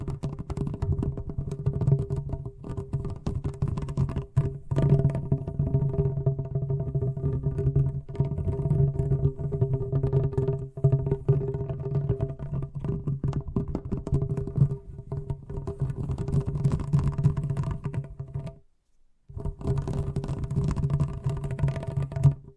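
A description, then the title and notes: Fast tapping runs almost without pause, a dense, rapid patter of small clicks over a steady low hum with a faint tonal ring. The sound stays close and even in a small room, stopping briefly near nineteen seconds before resuming. ASMR Braingasm Inducing Fast Tapping (No Talking).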